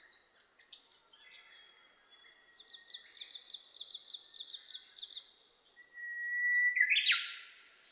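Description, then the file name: Japanese bush warbler ends with a single clear whistle and abrupt rising flourish after several seconds of other small birds chattering and trilling high up. Recorded 27 May 2007 at 05:46, early morning. "uguisu-20070527-0546"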